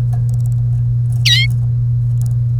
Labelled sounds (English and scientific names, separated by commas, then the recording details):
Domestic Canary (Serinus canaria) song
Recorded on 1 May 2018 at 10:02
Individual llb3